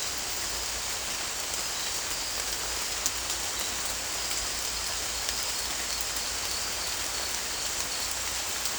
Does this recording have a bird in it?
no